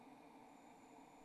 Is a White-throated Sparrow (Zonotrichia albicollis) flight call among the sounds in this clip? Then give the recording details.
no. No flight call is heard. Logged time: 06:26 on 28 November 2014